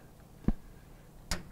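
A Samsung refrigerator's defrost sensor, being repaired because the fresh food section leaks water, is pushed into its plastic mounting clip. A dull low knock at 0.5 s is followed by a sharp, bright snap at 1.3 s as the sensor seats in its clip, holding it in position with the wires together.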